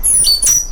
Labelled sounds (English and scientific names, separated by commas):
Stitchbird (Notiomystis cincta) song